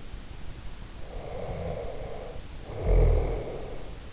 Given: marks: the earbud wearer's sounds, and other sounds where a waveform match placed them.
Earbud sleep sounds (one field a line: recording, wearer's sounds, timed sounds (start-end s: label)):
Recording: sounds in sleep by an in-ear microphone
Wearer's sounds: snoring breath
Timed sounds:
1.05-3.97 s: snoring breath